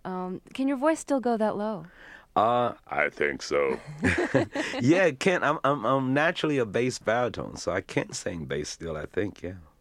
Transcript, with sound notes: Can your voice still go that low?
I think so.
(LAUGHTER)
Yeah, it can. I'm naturally a bass-baritone, so I can sing bass still I think, yeah.